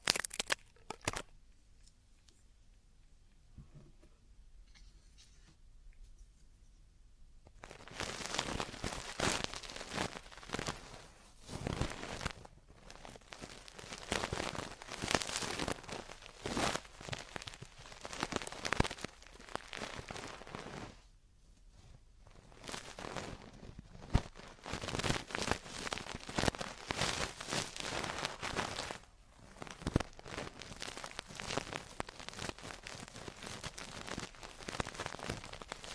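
Traditional Chinese ear cleaning, with earwax removal, begins with about eight seconds of near quiet broken by faint clicks. Then dense, crackling scratches and rustles take over and run almost nonstop, easing briefly near 21 and 29 seconds before resuming.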